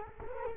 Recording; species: mosquito wingbeat signal from an infrared sensor; Culex quinquefasciatus